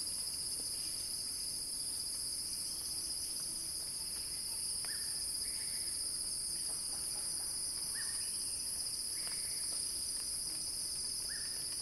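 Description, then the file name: Cicada chorus droning continuously at a high pitch, with short, lower chirps from another animal breaking in several times. Cicada song building in a crescendo. "earth-fm Axel-Drioli Cicada-Crescendo-Sounding-Wild"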